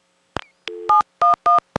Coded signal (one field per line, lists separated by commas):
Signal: DTMF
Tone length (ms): 140 ms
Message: 711